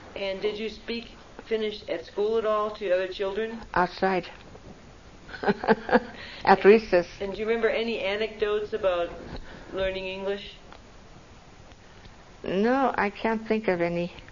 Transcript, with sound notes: And did you speak Finnish at school at all to the other children?
Outside. (laughs) At recess.
And do you remember any anecdotes about learning English?
No, I can't think of any.